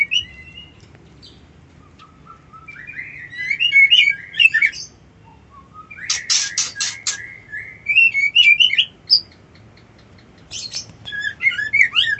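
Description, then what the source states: White-eye giving long, rambling, high warbling song broken by short buzzy rattles. Song delivered in the style called ngerol ngalas.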